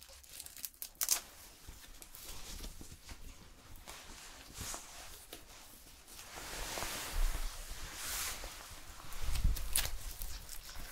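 Hair salon sounds: bright, crisp bursts of rustling and snipping come in quick irregular clusters, with hissy swells around the middle and near the eighth second, like water spray or brushing. A soft low hum sits underneath, and sharp clicks appear near the end.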